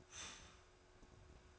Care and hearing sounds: daily activity, microphone in the room; start toaster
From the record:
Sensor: 2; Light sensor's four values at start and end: 4/10/3/3 and 4/10/3/3

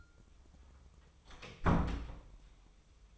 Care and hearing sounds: daily activity, microphone in the room; close door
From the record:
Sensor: 1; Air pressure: 1004.8 hPa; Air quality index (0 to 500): 71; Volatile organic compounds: 1 ppm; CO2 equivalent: 943 ppm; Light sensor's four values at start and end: 10/24/9/10 and 9/23/9/10

